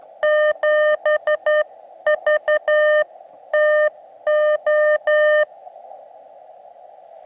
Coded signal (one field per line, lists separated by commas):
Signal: Morse code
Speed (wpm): 12 wpm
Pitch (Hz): 610 Hz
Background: none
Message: 7VTO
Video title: Antenna into Tree | Talk to the world with Ham Radio CW Morse Code!